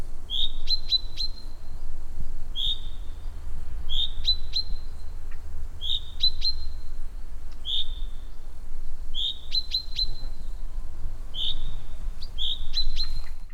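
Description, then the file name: Common chaffinch repeating a thin rising whistled call with quick clicks about eight times, against a steady deep rumbling background noise. "Fringilla coelebs"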